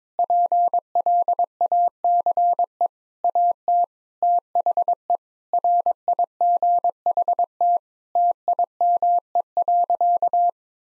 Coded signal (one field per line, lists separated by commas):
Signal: Morse code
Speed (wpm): 22 wpm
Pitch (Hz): 700 Hz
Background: none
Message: PLACE AT THE RIGHT TIME.